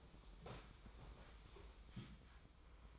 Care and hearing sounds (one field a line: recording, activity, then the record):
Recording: daily activity, microphone in the room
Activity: sit down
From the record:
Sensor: 1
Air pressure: 1005.1 hPa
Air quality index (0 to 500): 123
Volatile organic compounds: 5 ppm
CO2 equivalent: 1718 ppm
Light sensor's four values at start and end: 11/26/11/11 and 11/27/11/12